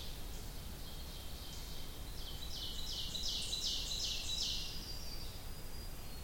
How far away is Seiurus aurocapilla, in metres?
about 55 m